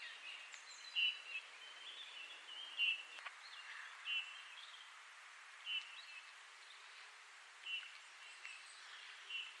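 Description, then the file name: Eurasian bullfinch repeating short, mellow piped notes about every one to two seconds, six in all, against a quiet hiss. "Pyrrhula pyrrhula"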